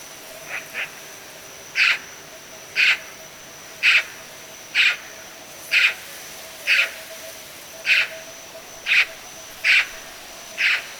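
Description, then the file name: Eurasian magpie repeating hoarse, rasping calls about once a second in a steady series, following two softer opening notes; a thin constant whine underneath. "Pica pica"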